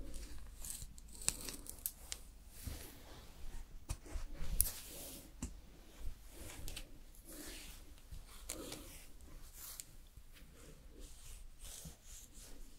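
Makeup and hair styling sounds: soft brushing, scratching and rustling strokes at an irregular pace, with brief taps and clicks over a low hum.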